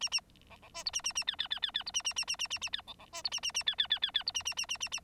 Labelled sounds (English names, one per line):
Bengalese Finch song